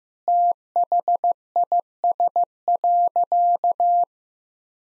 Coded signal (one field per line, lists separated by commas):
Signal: Morse code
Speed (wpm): 15 wpm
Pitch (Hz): 700 Hz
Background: none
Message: THIS.